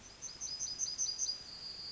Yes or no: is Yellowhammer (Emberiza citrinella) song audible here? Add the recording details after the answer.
yes. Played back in forest. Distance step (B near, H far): E. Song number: 107